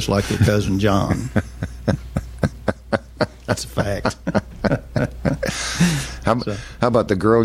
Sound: laughing